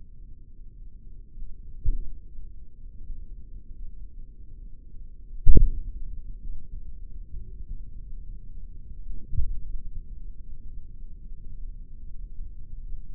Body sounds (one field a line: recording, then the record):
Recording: forearm muscle sounds (acoustic myography)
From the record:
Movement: tripod grip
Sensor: system 3, bracelet of six PUI Audio POM-2738L microphones around the upper forearm, with dedicated amplification and filtering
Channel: 6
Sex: male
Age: 56 years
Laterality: right